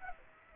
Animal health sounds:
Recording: mosquito wingbeat signal from an infrared sensor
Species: Aedes aegypti

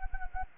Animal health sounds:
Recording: mosquito wingbeat signal from an infrared sensor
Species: Anopheles gambiae

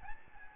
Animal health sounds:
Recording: mosquito wingbeat signal from an infrared sensor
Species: Aedes albopictus

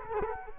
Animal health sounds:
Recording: mosquito wingbeat signal from an infrared sensor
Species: Culex quinquefasciatus

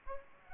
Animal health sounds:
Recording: mosquito wingbeat signal from an infrared sensor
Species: Culex pipiens

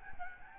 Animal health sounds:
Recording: mosquito wingbeat signal from an infrared sensor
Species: Aedes albopictus

